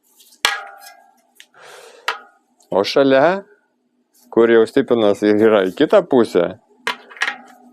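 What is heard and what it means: A mechanic tries to fit a square-headed carbon spoke into the neighbouring hole of a hub flange, where the spoke runs to the other side, while someone talks between a few sharp taps and knocks near 0.5, 2.1 and 6.9 seconds. The spoke head does not seat and nothing has clicked into place, because the holes were not rotated for that direction during manufacture.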